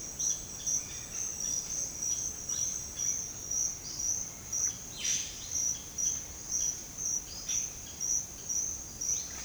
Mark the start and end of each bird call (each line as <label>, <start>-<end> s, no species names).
bird call, 0.17-3.23 s
bird call, 4.60-5.48 s
bird call, 7.36-8.04 s